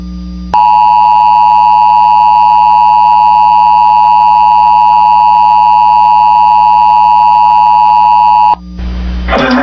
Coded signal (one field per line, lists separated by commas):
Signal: Emergency Alert System (SAME) tones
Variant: 853 and 960 Hz attention tone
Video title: EAS Mock #1 “Tornado Warning”